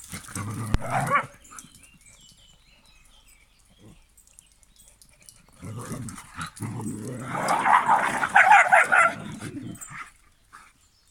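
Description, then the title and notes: Dogs growling and barking in rough bursts, a short spell at the start, then a long, excited run of growls and barks before quiet. Two dogs, Ringo and Spud, in their new run. "The dogs in their new run. Ringo and Spud enjoying their new run"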